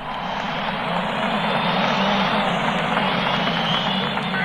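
A psychedelic rock song plays loud and dense, its heavily distorted guitars making a continuous roaring wall of sound from start to finish, with no one talking over it.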